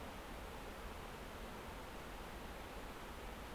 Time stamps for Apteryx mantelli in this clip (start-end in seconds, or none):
none